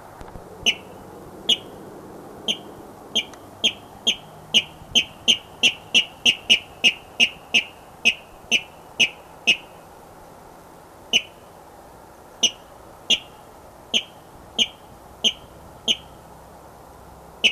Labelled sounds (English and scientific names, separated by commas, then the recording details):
Water Rail (Rallus aquaticus) courtship call
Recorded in the wild
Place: Auweiher Wört, Baden-Württemberg, DE
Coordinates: 49.0392, 10.2475
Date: 1968-05-19
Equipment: Uher Report 4000, AKG D190
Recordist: Krey, Winfried